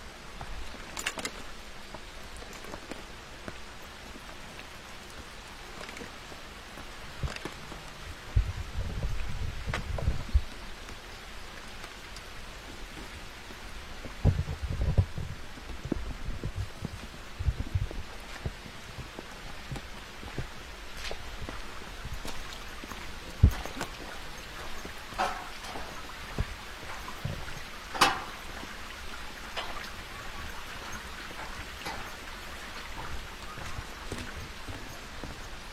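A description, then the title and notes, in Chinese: Walking along a forest trail in the rain, with a steady soft hiss of rainfall throughout. Low thuds and rustles, likely footsteps, cluster around 8–10 and 14–18 seconds, and sharp drips or taps stand out near 23 and 28 seconds. 在雨中沿着森林步道漫步。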